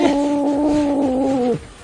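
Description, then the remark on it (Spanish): A cat named Tripulación, the fierce cat that formerly lived in the house, growls in one steady, sustained, moaning note that holds for about a second and a half before breaking off abruptly, with no voices around it. “Escuche cómo gruñía tripulación, la que estaba antes.”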